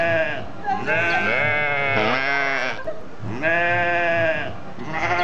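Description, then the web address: Sheep bleating: loud, rich, wavering bleats, several in a row with brief pauses between them. "aso-bit 2018 sheep"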